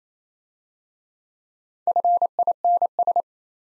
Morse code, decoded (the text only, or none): FINS